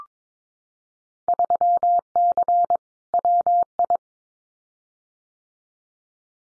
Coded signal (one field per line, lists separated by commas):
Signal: Morse code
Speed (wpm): 22 wpm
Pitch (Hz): 700 Hz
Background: none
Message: 3C WI